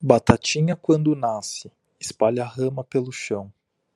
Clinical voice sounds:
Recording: short text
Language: Brazilian Portuguese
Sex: male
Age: 20 to 29 years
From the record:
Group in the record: control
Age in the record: 24 years

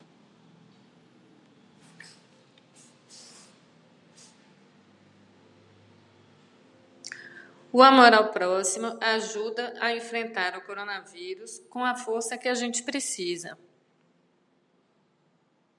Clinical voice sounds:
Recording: spoken sentence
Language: Brazilian Portuguese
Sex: female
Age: 50 to 59 years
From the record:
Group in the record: control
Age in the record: 55 years

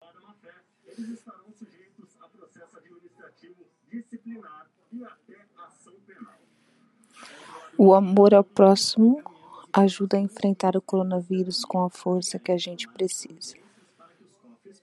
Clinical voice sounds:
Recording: spoken sentence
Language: Brazilian Portuguese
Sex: female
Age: 30 to 39 years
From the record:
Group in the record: control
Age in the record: 37 years

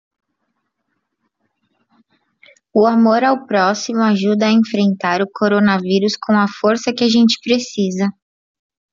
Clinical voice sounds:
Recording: spoken sentence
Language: Brazilian Portuguese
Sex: female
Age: 20 to 29 years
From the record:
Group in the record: control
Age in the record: 25 years

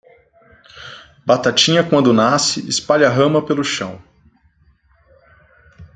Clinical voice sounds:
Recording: short text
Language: Brazilian Portuguese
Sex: male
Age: 30 to 39 years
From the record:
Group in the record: control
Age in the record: 38 years

